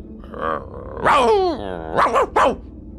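A dog growls low, then lets out a long, harsh, snarling bark followed by three quick, sharp, aggressive barks in a row.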